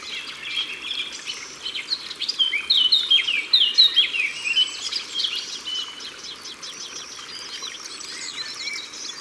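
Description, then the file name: Eurasian blackcap song: quiet twittering, then a bright burst of rapid repeated notes around the middle, trailing into softer chatter over background hiss. Recorded by the water. "Fauvette a tete noire Au bord de leau"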